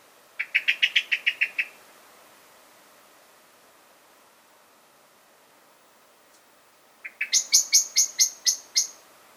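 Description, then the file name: Common blackbird giving two quick rattling runs of metallic chinks, the first slightly lower pitched, separated by about five seconds of quiet. "Turdus merula"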